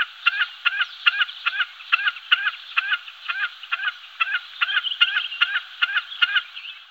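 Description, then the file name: Common snipe giving a steady run of sharp, doubled ticking notes, roughly two to three per second, repeated without a break throughout. "agachadiza comun"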